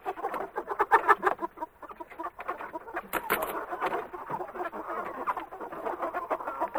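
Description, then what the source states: Chicken clucks overlapping in a steady, restless chatter, with a brief sharp high scrape partway through. Chickens in a chicken coop.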